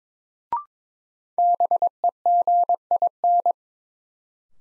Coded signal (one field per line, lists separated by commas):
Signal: Morse code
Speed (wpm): 21 wpm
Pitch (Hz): 700 Hz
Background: none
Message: BEGIN